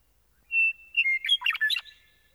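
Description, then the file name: Meadowlark song, one phrase: a sustained clear whistle, a short note, then a fast cascade of bubbling, slurred notes ending abruptly. "Gordon Hempton - Meadowlark"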